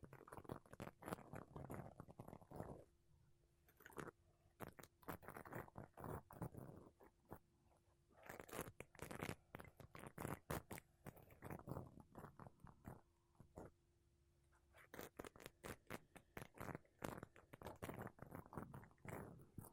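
Makeup brushes and a sponge rub and sweep over a microphone in quick, dense bursts of scratchy, rustling strokes. The busy stretches give way to sparser, lighter taps around 3 to 8 seconds and again near 13 to 15 seconds, while a faint steady hum runs underneath.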